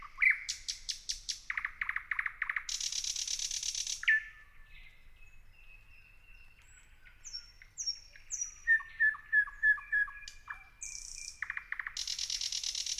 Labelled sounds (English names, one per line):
Thrush Nightingale